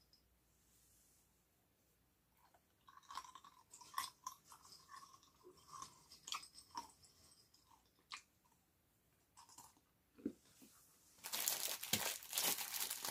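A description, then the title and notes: Crunchy chewing on peanuts begins after a quiet start, with sharp irregular bites, then a loud dense rustling burst near the end. Eating chewing and crunching on peanuts and drinking bottle water. Crunching, chewing fresh container jar of peanuts, drinking bottle water, paper towels.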